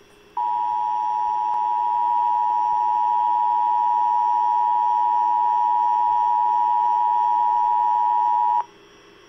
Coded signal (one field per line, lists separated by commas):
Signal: Emergency Alert System (SAME) tones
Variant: 853 and 960 Hz attention tone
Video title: EAS 3550 Shelter In-Place Warning for Hockley, TX